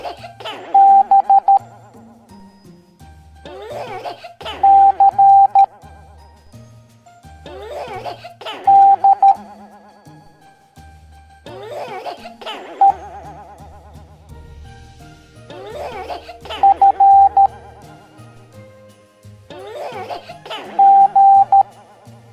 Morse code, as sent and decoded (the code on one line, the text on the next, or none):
-... / -.-. / -.. / . / ..-. / --.
B C D E F G